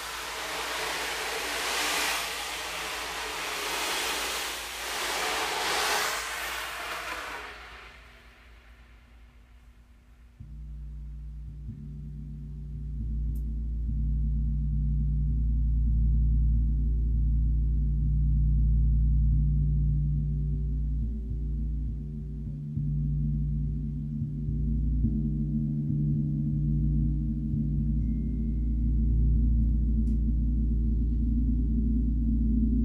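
Gong, chimes and crystal bowls. A bright, shimmering wash of chimes fills the first eight seconds, then fades away. From about ten seconds on, a deep, steady gong drone with layered low tones hums and swells gently to the end.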